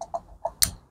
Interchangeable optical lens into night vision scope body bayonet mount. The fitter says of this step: there you he it click into place and that's it you line it up